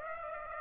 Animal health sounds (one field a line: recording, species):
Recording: mosquito wingbeat signal from an infrared sensor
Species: Aedes aegypti